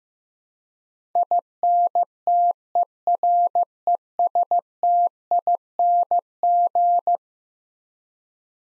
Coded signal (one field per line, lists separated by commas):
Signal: Morse code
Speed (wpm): 16 wpm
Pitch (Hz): 700 Hz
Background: none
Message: INTERESTING